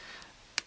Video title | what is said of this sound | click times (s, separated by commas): iPhone 4 Dock Assembly Replacement Repair Guide - www.AppleiPodParts.com | find its home nice little click there as you heard and then press from top to bottom down to the cable | 0.6 s